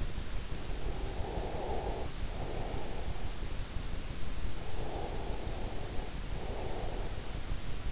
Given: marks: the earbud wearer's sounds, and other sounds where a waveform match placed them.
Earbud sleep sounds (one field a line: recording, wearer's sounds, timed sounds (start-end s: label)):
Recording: sounds in sleep by an in-ear microphone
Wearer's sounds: breath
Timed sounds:
0.00-4.29 s: breath
4.51-7.77 s: breath